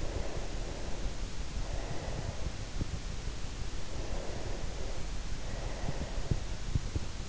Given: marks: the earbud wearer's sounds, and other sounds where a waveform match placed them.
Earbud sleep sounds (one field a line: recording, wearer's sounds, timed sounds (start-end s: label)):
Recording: sounds in sleep by an in-ear microphone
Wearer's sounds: breath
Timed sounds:
0.00-2.73 s: breath
3.77-6.43 s: breath